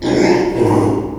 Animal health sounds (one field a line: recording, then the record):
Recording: squeal of a Yucatan mini pig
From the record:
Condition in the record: before surgery on the right vocal fold (resection and tissue-engineered implant)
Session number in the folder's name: 1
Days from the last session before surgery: -3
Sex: male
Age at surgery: 12 weeks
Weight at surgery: 13 kg